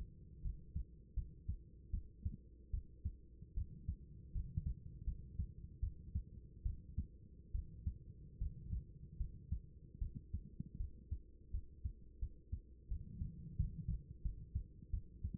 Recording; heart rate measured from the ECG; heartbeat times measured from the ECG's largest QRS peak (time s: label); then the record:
heart sounds by stethoscope; 79 bpm
0.41 s: heartbeat
1.14 s: heartbeat
1.90 s: heartbeat
2.70 s: heartbeat
3.54 s: heartbeat
4.32 s: heartbeat
5.04 s: heartbeat
5.80 s: heartbeat
6.62 s: heartbeat
7.51 s: heartbeat
8.38 s: heartbeat
9.17 s: heartbeat
9.98 s: heartbeat
10.77 s: heartbeat
11.51 s: heartbeat
12.19 s: heartbeat
12.88 s: heartbeat
13.57 s: heartbeat
14.22 s: heartbeat
14.90 s: heartbeat
From the record:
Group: healthy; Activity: rest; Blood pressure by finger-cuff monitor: 126/88 mmHg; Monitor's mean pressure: 101 mmHg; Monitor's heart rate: 77 bpm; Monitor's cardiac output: 5.8 L/min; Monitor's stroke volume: 76 mL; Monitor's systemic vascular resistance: 1290 dyn s/cm5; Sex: female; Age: 24 years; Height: 163 cm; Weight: 55.7 kg